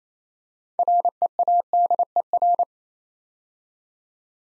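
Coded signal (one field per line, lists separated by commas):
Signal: Morse code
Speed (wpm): 28 wpm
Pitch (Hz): 700 Hz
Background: none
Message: READER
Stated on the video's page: Morse practice: six-letter words sent at 28 wpm, each word sent twice; other speeds from 15 to 25 wpm also offered.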